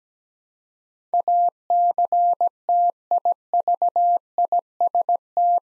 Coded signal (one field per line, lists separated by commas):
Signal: Morse code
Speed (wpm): 17 wpm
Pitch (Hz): 700 Hz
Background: none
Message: ACTIVIST